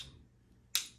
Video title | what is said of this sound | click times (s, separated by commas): LK150 Set-up | Oh, so it snaps in place. | 0.8 s